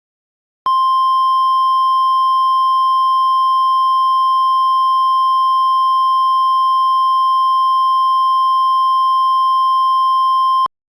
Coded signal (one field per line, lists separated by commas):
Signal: Emergency Alert System (SAME) tones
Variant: 1050 Hz attention tone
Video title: First EAS Mock using CapCut Desktop!